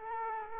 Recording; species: mosquito wingbeat signal from an infrared sensor; Culex quinquefasciatus